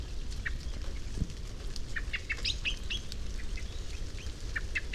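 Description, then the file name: Common blackbird calls: sharp clicking chinks scattered throughout, some in quick pairs, over a steady low rumble with a few higher notes. "Turdus merula"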